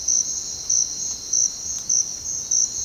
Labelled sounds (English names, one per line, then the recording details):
none
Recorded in secondary vegetation near Puerto Asís, Putumayo, Colombia, on 9 March 2025 at 07:00
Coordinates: 0.484, -76.319
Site G010